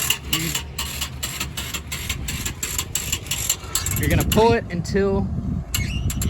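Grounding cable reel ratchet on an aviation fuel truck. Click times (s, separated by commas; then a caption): 5.8 s, 6.1 s, 6.2 s. A grounding cable is pulled out of its spring reel on an aviation fuel truck while someone talks, and the reel's ratchet clicks at 5.8, 6.1 and 6.2 seconds. The ratchet locks so the cable won't retract.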